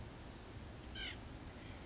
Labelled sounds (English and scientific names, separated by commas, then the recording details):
White-breasted Nuthatch (Sitta carolinensis)
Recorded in Sonoma County, California